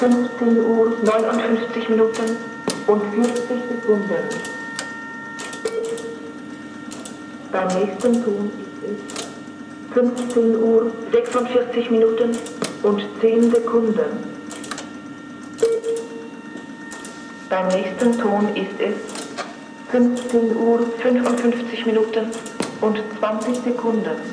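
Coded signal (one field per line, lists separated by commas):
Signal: speaking clock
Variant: German, Bundespost Magnetton machine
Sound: mechanical recorded voice announcing numbers, with steady machine hum underneath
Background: machine hum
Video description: Zeitansage Magnetton von 1958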